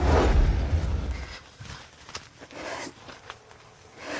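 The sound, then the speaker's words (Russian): A few soft, unevenly spaced footsteps tap and scuff after a burst of low rumbling noise, with no voices present. “Я слышу ваши шаги.”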